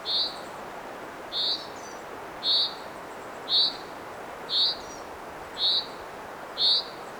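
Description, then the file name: Common chaffinch giving clipped, slightly buzzy call notes at a steady pace of roughly one per second, seven notes, with faint hiss behind. "Fringilla coelebs"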